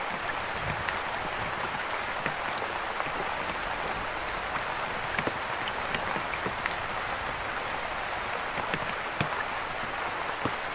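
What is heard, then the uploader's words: Steady, dense rain hisses evenly throughout, with frequent sharper drops tapping and a faint low rumble underneath. RAIN SOUNDS.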